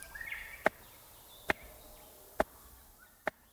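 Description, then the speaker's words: Palm cockatoo drumming: four sharp, hollow knocks spaced a little under a second apart, with a brief faint whistle near the start. Male drumming with a stick held in his left foot on a hollow tree as part of a courtship display to impress potential mates; Australia. "But these cockatoos seem to do it specifically to create a rhythmic beat designed to impress their potential mates."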